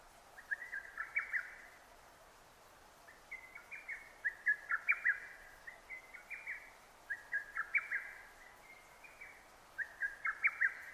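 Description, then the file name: Lesser cuckoo delivering rapid, emphatic staccato phrases, several notes tumbling together, repeated several times with short gaps. 6 June 2009. "hototogisu-20090606"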